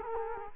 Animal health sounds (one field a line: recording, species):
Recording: mosquito wingbeat signal from an infrared sensor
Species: Culex quinquefasciatus